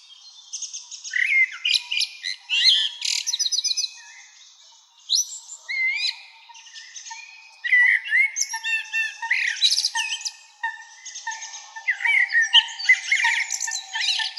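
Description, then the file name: Common blackbird song, a run of rich, slurred low whistles mixed with scratchy high-pitched twittering, almost continuous with one short pause. "Turdus merula"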